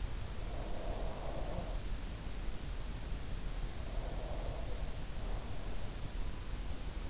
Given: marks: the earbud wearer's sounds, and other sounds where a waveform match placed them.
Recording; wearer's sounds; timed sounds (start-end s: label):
sounds in sleep by an in-ear microphone; breath
0.31-2.00 s: breath
3.79-5.83 s: breath